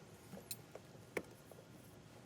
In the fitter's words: Doesn't give you a super satisfying click, but it's on there. I can't pull it off.